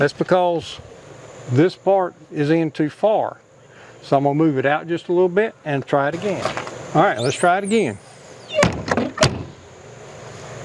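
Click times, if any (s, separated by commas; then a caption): 8.6 s, 8.9 s, 9.2 s. Someone talks while the strike on an RV entry door frame, which sat in too far, is moved out slightly so the door can be closed again. The door's latch catches in the strike with sharp clicks at 8.6, 8.9 and 9.2 seconds, and the door latches.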